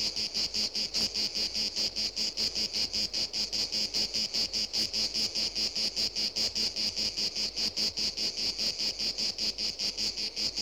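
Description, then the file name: Insect giving a steady, regular series of high buzzy chirps, unbroken for the whole stretch. "insetti insect"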